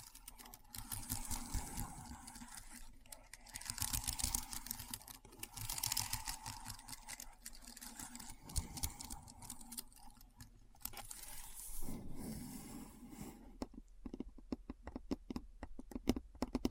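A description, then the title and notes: Keyboard typing, a dense, steady patter of quick clicks and taps running throughout. Around the twelve-second mark the rhythm loosens into sharper, more separated keystrokes with brief gaps, ending in a few louder isolated clacks. ASMR Keyboard Sounds (No Talking).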